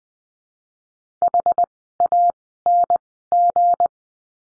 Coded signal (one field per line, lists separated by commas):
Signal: Morse code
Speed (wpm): 20 wpm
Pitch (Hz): 700 Hz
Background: none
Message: HANG